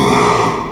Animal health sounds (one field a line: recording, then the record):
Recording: squeal of a Yucatan mini pig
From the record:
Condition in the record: after surgery on the right vocal fold (resection and tissue-engineered implant)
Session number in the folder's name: 1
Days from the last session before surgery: 6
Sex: male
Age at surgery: 12 weeks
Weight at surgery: 13 kg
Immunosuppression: cyclosporine, prednisolone